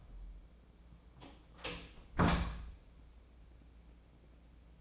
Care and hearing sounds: daily activity, microphone in the room; close door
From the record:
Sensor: 1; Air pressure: 1012.4 hPa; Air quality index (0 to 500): 166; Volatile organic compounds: 3 ppm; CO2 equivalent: 1358 ppm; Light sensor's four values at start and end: 769/1741/790/936 and 776/1756/797/943

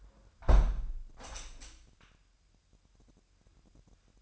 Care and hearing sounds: daily activity, microphone in the room; close window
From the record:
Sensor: 2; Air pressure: 998.0 hPa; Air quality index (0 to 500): 144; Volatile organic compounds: 4 ppm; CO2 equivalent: 1622 ppm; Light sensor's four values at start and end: 10/30/12/11 and 10/30/12/11

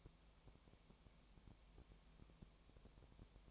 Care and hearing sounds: daily activity, microphone in the room; no activity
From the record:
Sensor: 1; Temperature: 19.4 degrees Celsius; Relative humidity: 35.7%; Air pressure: 1003.3 hPa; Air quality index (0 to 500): 113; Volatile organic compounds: 2 ppm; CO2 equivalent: 1257 ppm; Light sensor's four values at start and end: 1/2/1/1 and 1/2/1/1

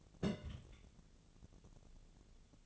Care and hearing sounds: daily activity, microphone in the room; place on stove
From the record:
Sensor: 4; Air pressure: 1000.8 hPa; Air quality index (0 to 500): 123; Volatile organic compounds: 1 ppm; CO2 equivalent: 928 ppm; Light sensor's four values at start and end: 46/112/47/53 and 46/112/48/53

